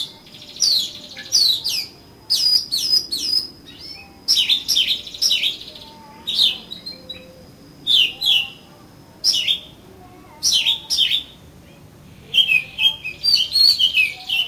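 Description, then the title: Oriental magpie-robin singing repeated bright, sharp whistled chirps in short bursts with brief pauses between, and a thin high tone behind. "Kacer Kacer"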